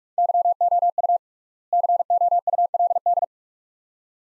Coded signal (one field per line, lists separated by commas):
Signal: Morse code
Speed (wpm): 46 wpm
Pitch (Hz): 700 Hz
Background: none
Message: YOU COULD